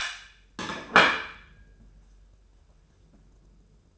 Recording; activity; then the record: daily activity, microphone in the room; place plate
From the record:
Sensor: 2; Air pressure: 994.2 hPa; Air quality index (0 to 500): 210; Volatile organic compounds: 1000 ppm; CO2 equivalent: 6905 ppm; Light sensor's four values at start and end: 63/145/61/61 and 63/146/61/61